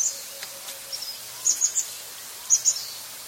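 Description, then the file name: Anna's hummingbird song: a few sharp, high squeaky notes, a quick group of three then a pair, over a low steady background hum. "canto do beija flor de anna"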